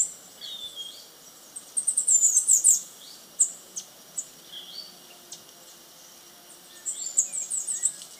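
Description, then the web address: Montane woodcreeper song: scattered bursts of rapid, very high chippy notes, with short pauses between the runs. Ecuador. "Birds of Ecuador. Montane Woodcreeper"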